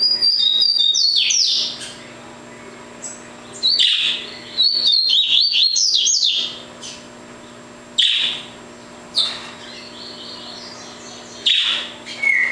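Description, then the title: Double-collared seedeater song: repeated bursts of rapid, twittering high notes, some phrases long and busy, others brief, over a faint hum. "Canto Coleiro"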